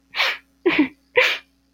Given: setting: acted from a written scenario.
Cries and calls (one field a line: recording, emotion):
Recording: vocal sound without words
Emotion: sadness